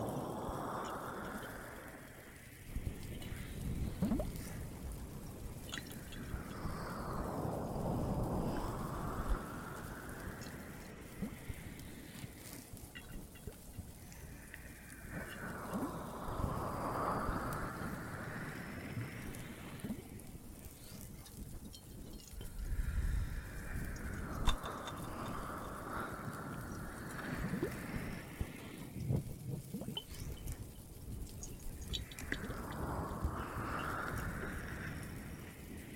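Ear massage close to the microphone: slow, muffled rubbing strokes that sweep down and back up in pitch, repeating about every seven or eight seconds. A low, rumbling hush fills the gaps, with a few soft taps and crackles scattered throughout.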